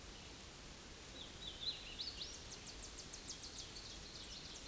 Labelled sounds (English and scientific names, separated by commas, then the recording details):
Hooded Warbler (Setophaga citrina) song
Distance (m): 70 m
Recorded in a Pennsylvania forest on 18 May 2023 at 08:03
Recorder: AudioMoth, point grid1_5_low
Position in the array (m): 54 m, 124 m